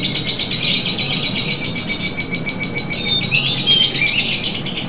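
Lovebird chatter made of fast, high, squeaky chirps, with a few sharp whistled squeaks near the end, over a low background rumble.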